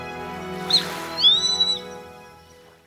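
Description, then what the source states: Grey-faced buzzard calling, a brief sharp whistle then a drawn-out level whistled note, over a steady background of sustained musical tones. Recorded on Kamishima island, Mie Prefecture, Japan.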